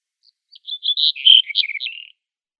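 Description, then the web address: Black-headed bunting singing one brief phrase: soft lead-in notes building into a bright, tumbling, slightly descending jumble of chirps lasting about a second and a half. "Schulze Peter Black-headed Bunting song"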